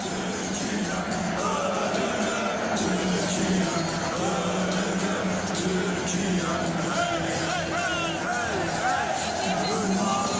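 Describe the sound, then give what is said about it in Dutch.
A dense stadium crowd of Turkish football fans roars and chants continuously after Turkey's win over Austria, a thick wall of many voices with melodic rising and falling lines from fans singing together at a steady, loud level. “Want na de gewonnen wedstrijd van Turkije tegen Oostenrijk dinsdagavond... Ja, was er al heel wat moois in dat stadion te horen van de Turken.”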